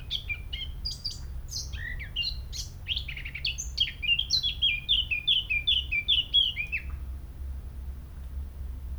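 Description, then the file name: Eurasian blackcap song: hurried, varied warbling opens into a series of rich, loud whistled notes, repeated quickly before stopping, followed by quiet. "Sylvia atricapilla"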